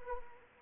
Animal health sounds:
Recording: mosquito wingbeat signal from an infrared sensor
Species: Anopheles arabiensis

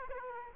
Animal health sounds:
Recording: mosquito wingbeat signal from an infrared sensor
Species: Aedes aegypti

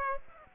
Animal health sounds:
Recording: mosquito wingbeat signal from an infrared sensor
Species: Aedes aegypti

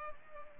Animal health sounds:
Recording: mosquito wingbeat signal from an infrared sensor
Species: Culex pipiens

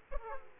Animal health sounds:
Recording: mosquito wingbeat signal from an infrared sensor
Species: Aedes aegypti

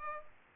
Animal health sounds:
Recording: mosquito wingbeat signal from an infrared sensor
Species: Culex pipiens

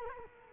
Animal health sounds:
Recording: mosquito wingbeat signal from an infrared sensor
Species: Culex quinquefasciatus

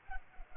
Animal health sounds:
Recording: mosquito wingbeat signal from an infrared sensor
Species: Culex pipiens

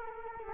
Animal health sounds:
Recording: mosquito wingbeat signal from an infrared sensor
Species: Culex quinquefasciatus

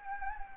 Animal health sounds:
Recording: mosquito wingbeat signal from an infrared sensor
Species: Anopheles gambiae

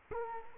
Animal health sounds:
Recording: mosquito wingbeat signal from an infrared sensor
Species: Culex quinquefasciatus

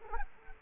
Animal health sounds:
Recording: mosquito wingbeat signal from an infrared sensor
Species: Culex quinquefasciatus

